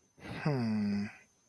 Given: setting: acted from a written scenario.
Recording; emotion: vocal sound without words; confusion